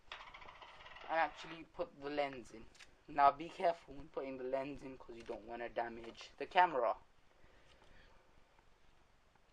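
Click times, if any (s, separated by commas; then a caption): none. An interchangeable lens is handled at the bayonet mount of a Nikon D3200 DSLR body while someone talks for most of the clip, with brief handling noises near 0.1 s and 0.3 s. After about 7 s the talking stops and only quiet background remains. The lens has not clicked or locked onto the mount yet.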